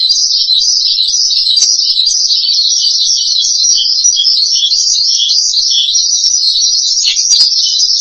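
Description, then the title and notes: Starling song, a dense unbroken high warble of fast wavering notes running without pause the whole time, with a few faint clicks. "suara burung jalak"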